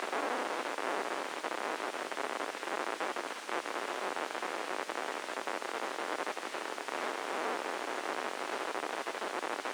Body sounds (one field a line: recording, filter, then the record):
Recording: brain microelectrode recording played as sound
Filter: spike band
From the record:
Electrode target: subthalamic nucleus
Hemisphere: left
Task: reaching with the right hand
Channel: 1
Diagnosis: Parkinson's disease